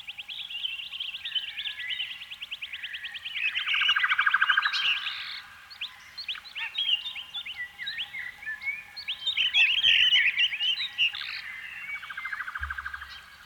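Canary song mixing long rolling trills with bursts of sharp, rising and falling chirps, sustained over the whole stretch.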